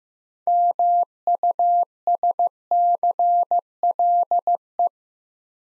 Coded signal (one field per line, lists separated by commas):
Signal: Morse code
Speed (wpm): 15 wpm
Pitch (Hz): 700 Hz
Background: none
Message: MUSCLE